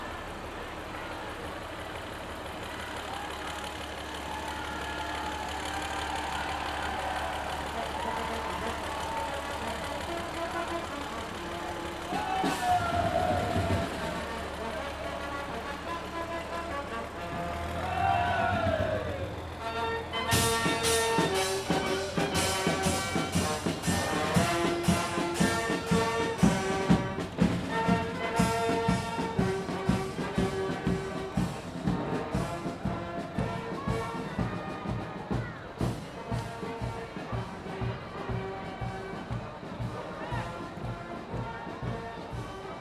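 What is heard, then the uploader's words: At a traditional goose riding ceremony in Belgium, a low steady rumble and crowd voices fill the first twenty seconds. Around 20 seconds, loud music breaks in, with sustained brass-like notes over regular, punchy drum beats that continue to the end. Traditional goose riding ceremony, Belgium. It is mainly goose riding on horseback that is concerned. Recorded by Tony van Dorst.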